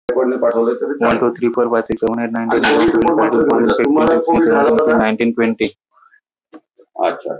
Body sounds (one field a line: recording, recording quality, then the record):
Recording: counting at a fast pace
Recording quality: moderate, slight background noise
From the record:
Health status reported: exposed to COVID-19, no respiratory illness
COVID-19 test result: not tested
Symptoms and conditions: none ticked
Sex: male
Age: 31 years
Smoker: not ticked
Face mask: not worn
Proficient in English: yes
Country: India